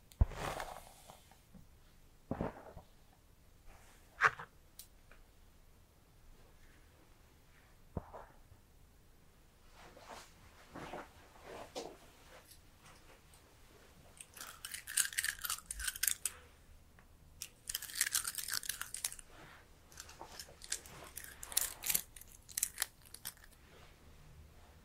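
Hair being brushed and cut, heard as scattered short crunchy snips and scratchy strokes. A few sharp clicks come early on, and denser bursts of bright bristly brushing cluster around the middle and later seconds, over a quiet low hum.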